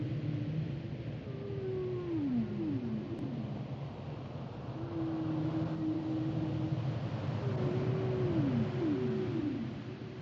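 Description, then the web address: Whale song: long low tonal moans that hold level and then slide downward, repeated in phrases, over a constant deep rumble. "Natures Songs Whale Songs Whales and Dolphins"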